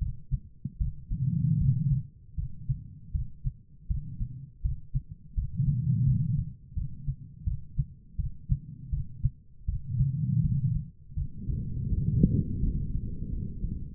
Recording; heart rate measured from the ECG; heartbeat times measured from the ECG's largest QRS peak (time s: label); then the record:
heart sounds by stethoscope; 81 bpm
0.78 s: heartbeat
1.59 s: heartbeat
2.36 s: heartbeat
3.12 s: heartbeat
3.88 s: heartbeat
4.62 s: heartbeat
5.35 s: heartbeat
6.05 s: heartbeat
6.75 s: heartbeat
7.45 s: heartbeat
8.17 s: heartbeat
8.91 s: heartbeat
9.66 s: heartbeat
10.42 s: heartbeat
11.15 s: heartbeat
11.90 s: heartbeat
12.61 s: heartbeat
13.30 s: heartbeat
From the record:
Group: healthy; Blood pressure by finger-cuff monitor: 109/72 mmHg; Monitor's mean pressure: 89 mmHg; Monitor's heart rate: 81 bpm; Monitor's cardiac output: 5.4 L/min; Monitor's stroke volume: 68 mL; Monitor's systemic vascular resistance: 1200 dyn s/cm5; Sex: female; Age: 51 years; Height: 162 cm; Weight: 70.04 kg